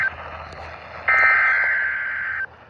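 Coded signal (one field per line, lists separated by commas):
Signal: Emergency Alert System (SAME) tones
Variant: header bursts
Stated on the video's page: Required Weekly Test received from a NOAA Weather Radio station.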